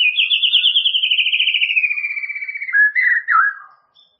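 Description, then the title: White-rumped shama song: a long, fast warbling trill sliding gradually downward, ending in a few short slurred whistles. "murai batu"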